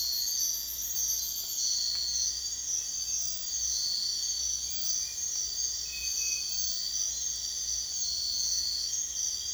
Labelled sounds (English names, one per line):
none